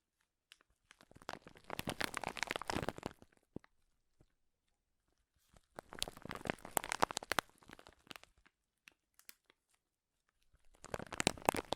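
Crinkling bursts come in three bouts: a dense crackly stretch from about one to three and a half seconds, another from five and a half to eight, and a final burst starting near eleven. Each bout is made of rapid sharp snaps, bright and hard, with near silence between.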